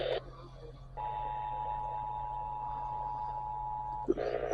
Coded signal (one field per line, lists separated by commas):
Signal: Emergency Alert System (SAME) tones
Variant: 853 and 960 Hz attention tone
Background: speech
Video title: A MARGINAL RISK OF SVR’S EAS Alerts from 3/27/23 & 3/28/23 (EAS#143 & #155)